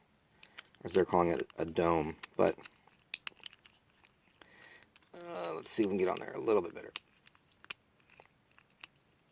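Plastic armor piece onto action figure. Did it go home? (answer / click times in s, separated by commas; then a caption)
partly / 7.7 s, 8.8 s. Someone talks while pressing the plastic dome-shaped helmet armor piece of a 1994 Toy Biz Iron Man "Hydro Armor" onto the action figure, with light plastic handling clicks throughout. Sharper clicks come at 7.7 s and 8.8 s as the piece is pushed down. It ends up roughly flush but does not snap home properly, and the piece breaks.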